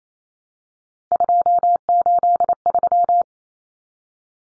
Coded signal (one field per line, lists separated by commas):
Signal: Morse code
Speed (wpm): 28 wpm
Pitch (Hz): 700 Hz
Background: none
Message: 283